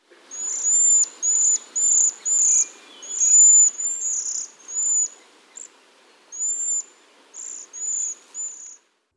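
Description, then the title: Waxwing calls: a series of very high, thin, wispy hissing notes with short pauses between them. Call described as wispy and insect-like, uttered by flocking birds moving from tree to tree. "Birdnotes Waxwing"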